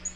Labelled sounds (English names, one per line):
Black-throated Green Warbler flight call